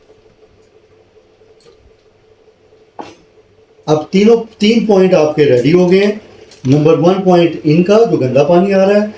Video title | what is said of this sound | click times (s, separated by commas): How to Fix Ro Water Filter/ RO Plant Installation Complete Detail- 6 Stage RO plant | ये lock हो जाएगा। | 1.6 s, 3.0 s